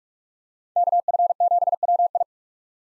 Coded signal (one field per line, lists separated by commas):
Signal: Morse code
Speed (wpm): 43 wpm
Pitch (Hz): 700 Hz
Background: none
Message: KF7WI